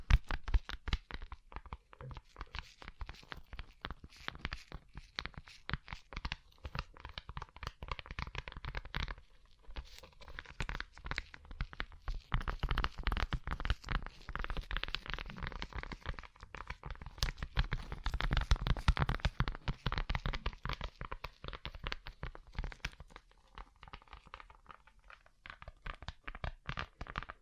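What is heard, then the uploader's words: Rhinestone covered tapping comes in dense, rapid clicks and scratchy crinkles, thinning briefly near nine seconds and swelling louder around eighteen. ASMR Rhinestone Covered Tapping 3Dio (No Talking).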